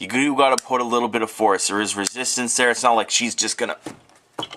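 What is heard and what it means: Someone talks while handling the sliding battery cover on a Wismec Vapor Flask vape mod body, which takes a little force to push over the battery compartment against some resistance. Two short, sharp handling sounds come at about 4.4 and 4.5 seconds. The cover has not yet seated or clicked into place.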